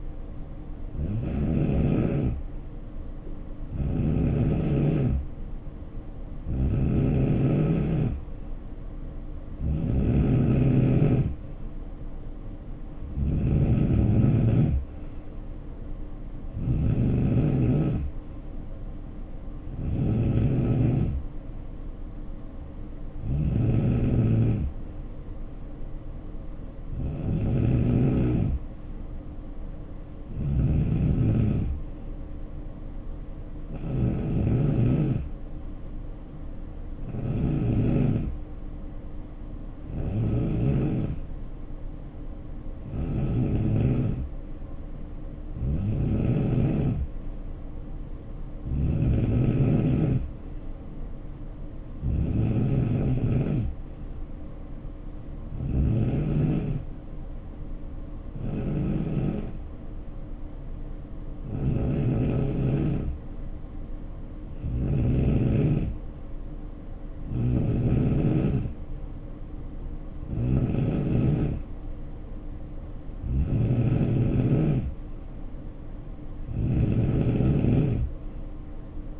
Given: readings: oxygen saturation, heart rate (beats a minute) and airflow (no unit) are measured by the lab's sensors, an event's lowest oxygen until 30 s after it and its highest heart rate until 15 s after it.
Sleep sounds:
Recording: breathing in sleep by a smartphone at the bedside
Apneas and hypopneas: none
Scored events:
none scored
From the record:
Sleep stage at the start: N3 (deep sleep)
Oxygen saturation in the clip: 88 to 93%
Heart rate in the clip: 64 to 75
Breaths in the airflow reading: 25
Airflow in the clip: -5.6 to 3.5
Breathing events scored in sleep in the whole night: 520 in 7.2 hours asleep

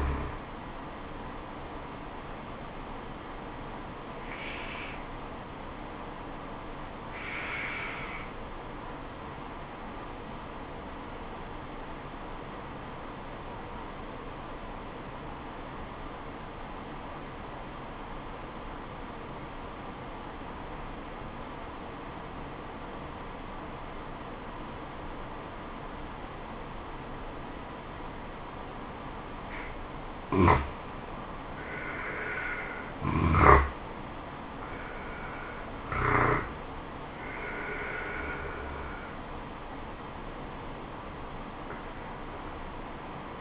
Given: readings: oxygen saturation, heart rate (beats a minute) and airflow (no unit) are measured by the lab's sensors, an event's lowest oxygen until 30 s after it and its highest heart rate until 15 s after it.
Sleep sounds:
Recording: breathing in sleep by a voice recorder at the bedside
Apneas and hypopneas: 1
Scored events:
6.00-31.80 s: obstructive apnea (N2, oxygen 97% highest, then 88% lowest, heart rate 71 at the start, 77 highest)
From the record:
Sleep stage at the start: N2 (light sleep)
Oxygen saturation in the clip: 87 to 97%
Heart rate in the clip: 69 to 77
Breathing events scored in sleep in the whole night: 426 in 7.4 hours asleep

